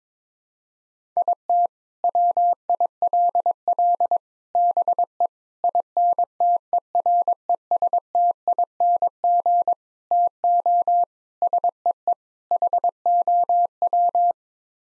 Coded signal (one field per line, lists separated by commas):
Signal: Morse code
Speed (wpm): 22 wpm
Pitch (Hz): 700 Hz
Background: none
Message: IT WILL BE INTERESTING TO SEE HOW